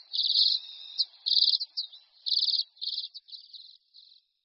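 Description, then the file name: Common redpoll calls: a run of harsh, buzzy trilled bursts, each about half a second long, separated by brief short chips. "Čečetka-zimní"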